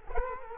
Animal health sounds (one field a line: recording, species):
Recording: mosquito wingbeat signal from an infrared sensor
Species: Culex quinquefasciatus